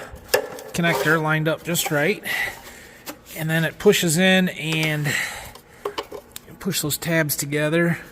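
A wire harness connector is lined up and pushed into its mating connector on a planter meter, then its locking tabs are pressed together, while someone talks. Faint handling taps are heard under the talking, and nothing has seated or clicked yet.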